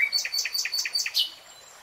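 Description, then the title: Nightingale song: a rapid run of several repeated two-part notes, ending in a louder, higher flourish, then quiet. Nightingale singing, in a 3-hour real-time recording. "[Tiếng chim hót] 3 Hours REALTIME Nightingale Singing"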